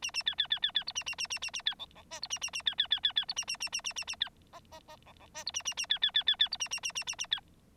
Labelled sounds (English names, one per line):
Bengalese Finch song